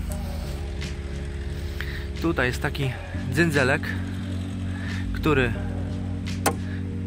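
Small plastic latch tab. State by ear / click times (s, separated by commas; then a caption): released / 6.5 s. A small plastic release tab on the bulb carrier of the tail lamp inside a BMW E46 trunk lid is pulled toward the body until it clicks open. Someone talks over steady background music, and a sharp click sounds at 6.5 s. The bulb carrier is released.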